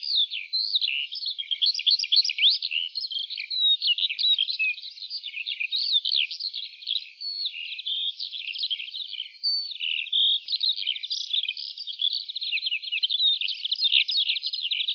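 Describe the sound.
Lark singing a long unbroken outpouring of quick, high, jangling notes and buzzy trills, steady in pace throughout.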